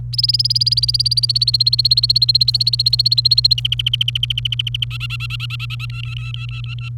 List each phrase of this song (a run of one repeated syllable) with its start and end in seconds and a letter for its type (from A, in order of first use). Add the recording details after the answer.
0.13-3.54 A, 3.58-4.84 B, 4.91-5.86 C, 5.90-6.89 D. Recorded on 28 April 2018 at 08:01. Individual llb3